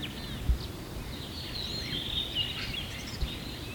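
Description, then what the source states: Birds chirping faintly in an overlapping chorus of thin high notes, with a few low knocks and steady background noise. At sunrise.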